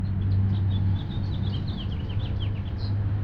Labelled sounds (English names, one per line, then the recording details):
House Finch song
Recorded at Lynbrook on Long Island, New York, on 17 June 1975
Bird F